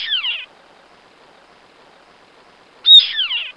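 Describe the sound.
Bird calls: two short, sharply descending, slurred notes, one at the start and another after roughly two and a half seconds of near silence.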